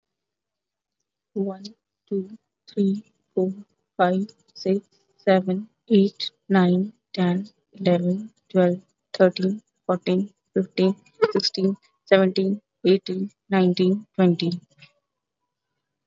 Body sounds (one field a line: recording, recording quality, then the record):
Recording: counting at a normal pace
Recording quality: moderate, slight background noise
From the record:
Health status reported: healthy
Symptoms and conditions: none ticked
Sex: female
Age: 27 years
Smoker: not ticked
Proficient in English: yes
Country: India